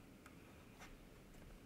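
A Nikon F-mount camera lens is held against a lens mount adapter while its correct index position is found against the adapter's bayonet, before it is turned to lock. Faint scraping and light ticking are heard, with a short sharp tick at 0.3 s and a brief broader rub around 0.8 s. Nothing has seated or clicked yet.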